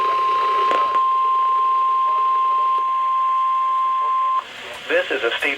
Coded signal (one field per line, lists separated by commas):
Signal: Emergency Alert System (SAME) tones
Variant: 1050 Hz attention tone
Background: speech